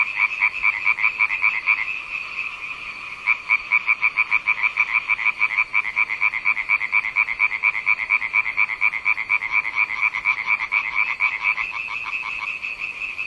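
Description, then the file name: Continuous quick frog croaks, a rattling pulse train with a brief dip early on, then steady repetition throughout. "zaby"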